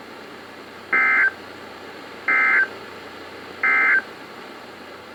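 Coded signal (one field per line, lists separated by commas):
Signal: Emergency Alert System (SAME) tones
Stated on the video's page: NOAA Weather Radio EAS tones from several transmitters, for severe thunderstorm, special marine, flash flood watch and flood warnings issued by Sterling, VA.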